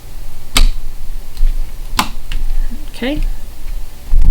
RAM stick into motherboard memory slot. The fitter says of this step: till it's seated, and then we're going to press it till it clicks in.